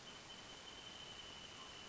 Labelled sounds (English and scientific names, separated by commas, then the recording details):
Wrentit (Chamaea fasciata)
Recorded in Sonoma County, California